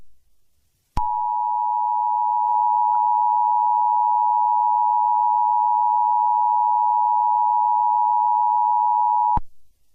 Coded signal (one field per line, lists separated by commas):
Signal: Emergency Alert System (SAME) tones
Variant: 853 and 960 Hz attention tone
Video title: EAS SCENARIO: Does Bad Things Guy: 11/20/2025. **HAS VALID TONES**